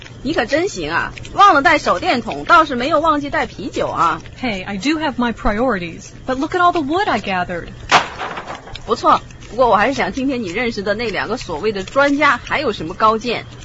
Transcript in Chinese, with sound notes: 你可真行，忘了手电筒，倒是没有忘记带啤酒。
Hey, I do have my priorities. But look at all the wood I gathered!
(Enter sound of wood dropping to the ground) 不错。不过我还是想听听你认识的那两个所谓的专家还有什么高见。